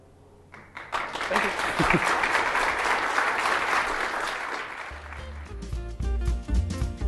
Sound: applause